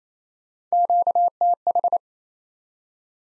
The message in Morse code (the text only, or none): QTH